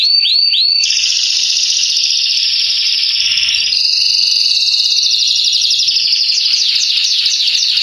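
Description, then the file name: Belgian canary delivering a few looping notes, then long sustained buzzy trills that shift pitch and end in rapid repeated phrases. "canto do canario belga salsa"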